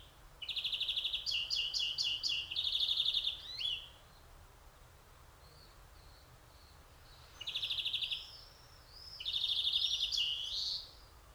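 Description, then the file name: European greenfinch delivering long rattling trills with twittering notes, a pause, then more trills and upward-sliding notes. "Chloris chloris"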